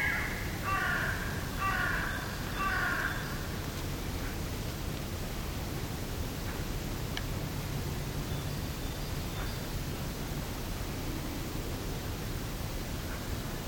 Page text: BBC. Mixed woodland in early Spring, early morning atmosphere, rather neutral with distant Hooded Crows, Buzzard & Great Tit